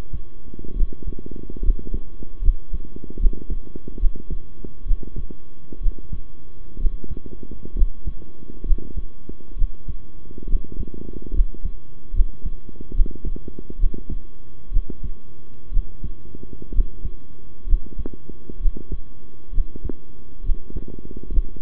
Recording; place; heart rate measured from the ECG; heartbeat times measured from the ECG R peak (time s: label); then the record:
heart sounds by stethoscope; between the tricuspid and mitral areas; 67 bpm
0.75 s: heartbeat
1.61 s: heartbeat
2.41 s: heartbeat
3.18 s: heartbeat
3.99 s: heartbeat
4.85 s: heartbeat
5.80 s: heartbeat
6.79 s: heartbeat
7.75 s: heartbeat
8.64 s: heartbeat
9.56 s: heartbeat
10.47 s: heartbeat
11.32 s: heartbeat
12.13 s: heartbeat
12.93 s: heartbeat
13.78 s: heartbeat
14.71 s: heartbeat
15.71 s: heartbeat
16.72 s: heartbeat
17.66 s: heartbeat
18.59 s: heartbeat
19.52 s: heartbeat
20.43 s: heartbeat
21.30 s: heartbeat
From the record:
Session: rest, sitting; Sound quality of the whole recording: good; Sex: male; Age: 23 years